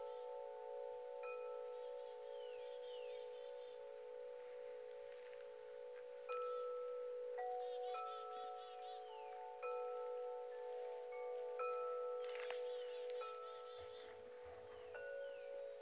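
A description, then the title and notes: Wind chimes ring steadily in a gentle breeze, their long tones overlapping and hanging in the air throughout. New strikes arrive every second or so, bright and clear, with small clusters of quicker, sparkling touches near the six- and twelve-second marks. Wind Chimes in Moonlight.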